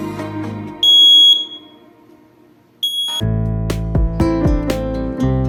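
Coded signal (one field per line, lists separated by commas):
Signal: beep code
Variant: fire alarm panel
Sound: two steady high-pitched beeps about half a second each, then music or thumping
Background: music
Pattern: 2 long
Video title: THE EARLY NIGHT FIRE ALARM PANEL BOARD BEEPING SOUNDS @caloymixofficialvlog8774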